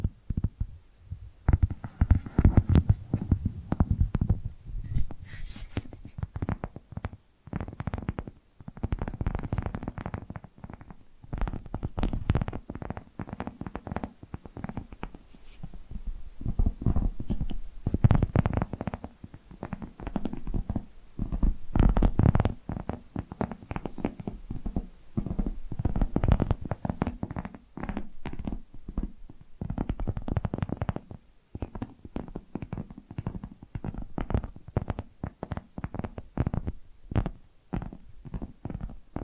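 Tapping triggers run almost nonstop, quick soft taps landing in dense clusters with a low, thumpy body and some brighter clicky edges. The pace shifts between rapid flurries and brief pauses, with short gaps near 11, 15 and 31 seconds.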